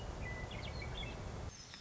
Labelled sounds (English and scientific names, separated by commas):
Western Meadowlark (Sturnella neglecta)